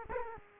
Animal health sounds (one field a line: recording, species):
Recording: mosquito wingbeat signal from an infrared sensor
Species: Culex quinquefasciatus